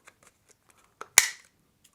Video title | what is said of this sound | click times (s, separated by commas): Mioji Lano IPL Lazer Epilasyon ve Cilt Gençleştirme Cihazı İncelemesi | şu şekilde tık sesimi duydunuz | 1.2 s